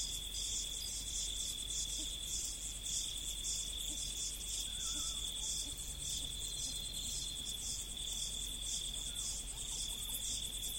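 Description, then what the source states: Insects chorusing continuously, a constant high-pitched drone overlaid by rhythmic shrill pulses. In the prairies.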